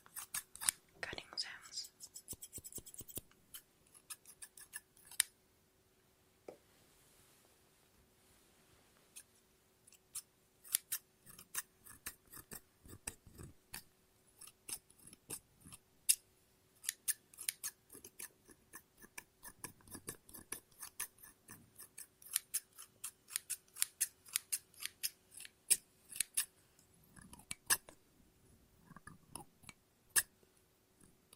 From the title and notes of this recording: ASMR Scissors No Talking Snips and Cutting Paper.